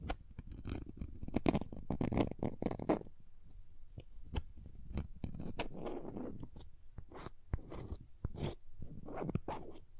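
Crayons tap, scrape and drag in quick irregular bursts, with sharp clicks scattered throughout and denser rough scratching around the second and sixth seconds and again near the end. The sounds stay mostly low and grainy, with brief bright ticks.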